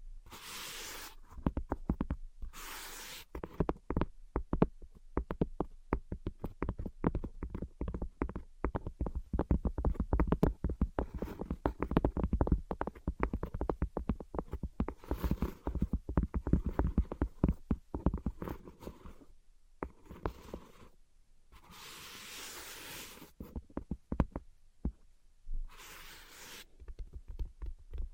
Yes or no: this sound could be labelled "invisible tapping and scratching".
yes